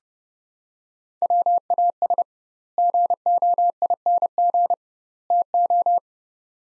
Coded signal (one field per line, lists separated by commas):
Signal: Morse code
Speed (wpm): 32 wpm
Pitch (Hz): 700 Hz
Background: none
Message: WAS GOING TO